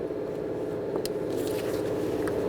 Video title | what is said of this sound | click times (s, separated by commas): How To Replace Ignition Coil 1994-2004 S-10 | go ahead and push it on listen for our click give it a tug | 1.0 s